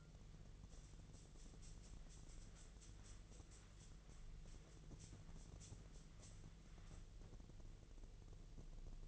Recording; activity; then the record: daily activity, microphone in the room; wipe stove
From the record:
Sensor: 4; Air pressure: 1001.3 hPa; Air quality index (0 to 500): 184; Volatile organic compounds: 3 ppm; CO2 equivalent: 1316 ppm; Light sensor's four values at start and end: 13/29/12/12 and 13/29/12/12